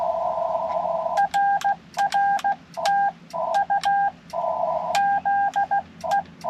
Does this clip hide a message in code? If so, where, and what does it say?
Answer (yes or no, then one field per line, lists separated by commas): yes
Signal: Morse code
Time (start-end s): 1.2-6.2 s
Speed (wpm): 16 wpm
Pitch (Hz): 800 Hz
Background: none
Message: RR TU ZE